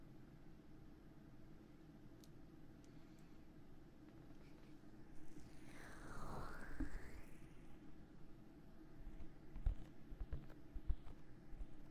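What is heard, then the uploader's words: Ear massage and ear blowing: a steady low rumbling rustle runs throughout, thick in the low end. Around six seconds a breathy whoosh sweeps down and back up in pitch, and soft scattered taps and rubs follow toward the end. ASMR Ear Massage Ear Blowing (No Talking).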